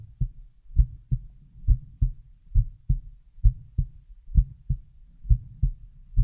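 Steady, low, muffled lub-dub pairs at about 65 beats a minute from an adult heart, with a soft, dull quality and a faint low hum between beats. Heartbeat sounds only, nothing else heard.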